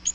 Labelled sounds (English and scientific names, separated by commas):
Bay-breasted Warbler (Setophaga castanea) flight call